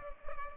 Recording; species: mosquito wingbeat signal from an infrared sensor; Culex pipiens